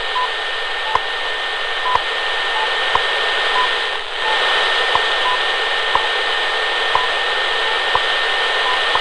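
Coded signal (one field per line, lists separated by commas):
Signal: radio time signal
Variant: WWV/WWVH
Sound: sharp clicks once per second, about 9, with short 1 kHz beeps under static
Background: radio static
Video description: later on I almost completely lost WWV, but then WWVH came in much more clearly before fading out leaving only what sounded for all the world like a ticking clock or pocket watch buried in a swamp of noise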